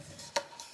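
Someone presses the small button on top of the locking handle of a WILD WIND Star X3 camping cooking pot, giving a sharp click at 0.4 s and a fainter tick at 0.6 s. The click releases the handle's lock so the handle can be moved.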